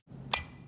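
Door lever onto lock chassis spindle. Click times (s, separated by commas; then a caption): 0.3 s. The outside lever of a Schlage ALX commercial door lock is pressed onto the metal spindle of the lock chassis. After a low, quiet rumble, a single sharp metallic chink rings out at 0.3 s and fades over the rest of the clip. The lever has latched and is seated on the spindle.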